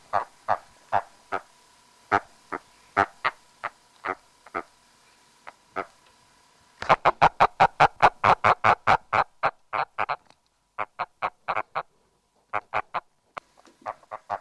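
Agile frog giving hollow, clucking notes, scattered and irregular, then a rapid, even series that trails off into short groups of notes.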